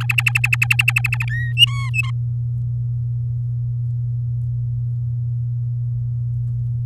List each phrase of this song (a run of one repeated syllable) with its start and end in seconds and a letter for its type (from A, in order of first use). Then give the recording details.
0.00-1.25 A, 1.29-1.52 B, 1.57-2.11 C. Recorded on 10 May 2018 at 05:36. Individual llb16